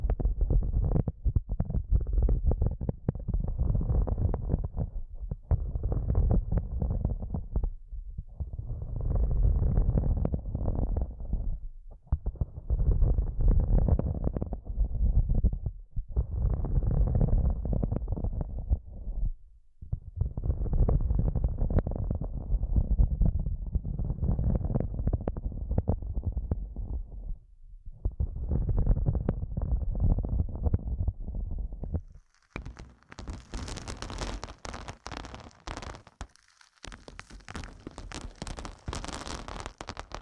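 ASMR massage triggers recorded with headphones used as a microphone: muffled, deep rubbing strokes come in bursts of a few seconds with short pauses, thumping like a heartbeat. Near the end, after about 32 seconds, the sound turns to bright, hissy scratching with one brief break.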